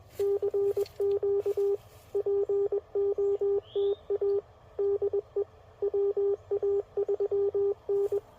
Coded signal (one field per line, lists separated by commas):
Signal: Morse code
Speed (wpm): 21 wpm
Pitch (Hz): 400 Hz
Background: radio noise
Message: CQ POTA DE WA3N